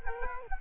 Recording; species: mosquito wingbeat signal from an infrared sensor; Culex quinquefasciatus